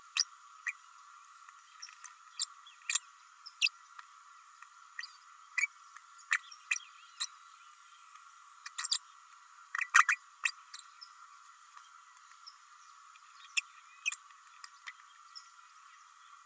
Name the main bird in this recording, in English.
Green-rumped Parrotlet